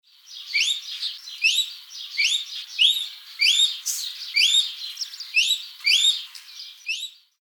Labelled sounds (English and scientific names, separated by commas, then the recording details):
Jaguarundi (Puma yagouaroundi)
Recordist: Tembrock, Günter
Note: Pfeiflaute eines Männchens